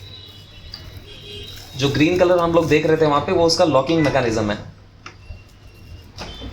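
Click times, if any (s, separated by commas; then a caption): none. A thermal ribbon roll is handled at the spring-loaded ribbon spindle holder of a TSC 244 Pro label printer, ahead of locking onto its green locking mechanism. Someone talks through most of the clip, and brief handling ticks occur around 0.7 s and 5.1 s. Nothing has seated or clicked yet.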